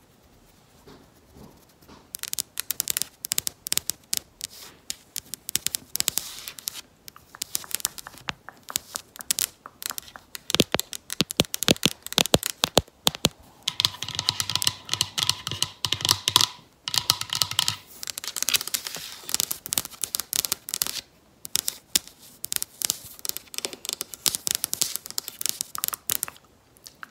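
Fingernails tap rapidly and unevenly on a camera in dense clicking bursts with short pauses, and a steadier rattling stretch around the middle.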